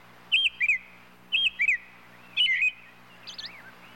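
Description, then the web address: Robin calling with quick twittering chirps in pairs, repeated about once a second, then a softer squeaky phrase at the end; steady low hum beneath. "bird robin robin calls animal"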